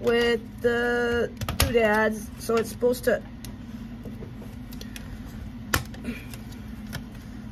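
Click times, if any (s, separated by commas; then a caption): 5.7 s. A plastic takedown section of a toy foam blaster is lined up, round holes to tabs, and pushed into the blaster body. Someone talks at the start, then faint scraping and small taps follow. A sharp, loud click at 5.7 s marks the section locking into place.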